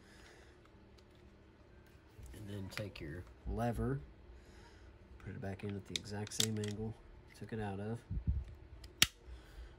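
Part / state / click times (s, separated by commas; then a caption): pistol disassembly lever in the frame / seated / 9.0 s. Someone talks while reinserting the metal disassembly lever into the frame of a Steyr M9 pistol at the same angle it came out. A sharp click is heard at 9.0 s as the lever seats in the frame.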